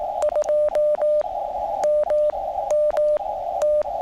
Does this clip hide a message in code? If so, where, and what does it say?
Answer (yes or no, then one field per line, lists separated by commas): yes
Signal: Morse code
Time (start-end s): 0.2-3.8 s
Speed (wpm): 18 wpm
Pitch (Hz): 600 Hz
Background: radio noise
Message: 2 MMT